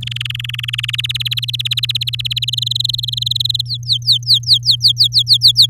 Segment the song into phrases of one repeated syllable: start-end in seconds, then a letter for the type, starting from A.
0.01-0.96 A, 0.98-2.45 B, 2.48-3.62 C, 3.65-5.66 D